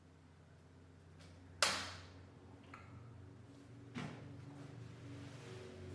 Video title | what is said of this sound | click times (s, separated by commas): Spray arm no longer rotating? How to Replace a Bosch Dishwasher Water Spray Top/Upper Spray Arm | With your extra clean zone nozzles, attach the piece to the new upper spray arm and click into place. | 1.6 s